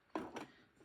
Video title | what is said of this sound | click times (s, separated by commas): Diamond Painting Storage Review-Elizabeth Ward | They're really strong. They snap in place. | 0.2 s